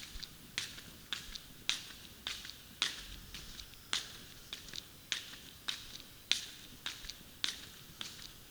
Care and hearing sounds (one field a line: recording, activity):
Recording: daily activity, guitar pickup as the sensor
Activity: walk